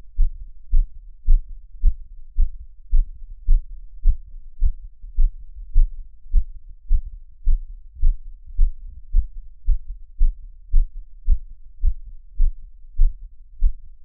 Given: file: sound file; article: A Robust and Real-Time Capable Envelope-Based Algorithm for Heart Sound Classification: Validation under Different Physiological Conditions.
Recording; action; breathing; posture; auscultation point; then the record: heart sounds by electronic stethoscope; after 5 min of sport; deep; sitting; Erb’s point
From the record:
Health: healthy, no known heart disease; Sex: male